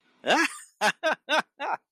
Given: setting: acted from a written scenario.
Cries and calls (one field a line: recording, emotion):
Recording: vocal sound without words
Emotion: triumph